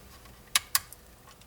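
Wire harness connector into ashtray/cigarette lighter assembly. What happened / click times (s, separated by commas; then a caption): The wire harness connector clicked into place / 0.6 s. During reinstallation of a W204 ashtray/cigarette lighter assembly, the wire harness connector is pushed into the assembly and seats with a sharp, bright click at 0.6 s. A second loud click follows at about 0.8 s and a faint tick near 0.9 s, against a quiet background.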